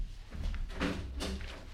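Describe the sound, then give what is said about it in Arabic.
A door leading to a garden swings open on a sultan's command, with a rough wooden scrape and rattle, two louder pushes standing out over a low rumble, with no one speaking. “افتح الباب ده اللي يودي على الجنينة.”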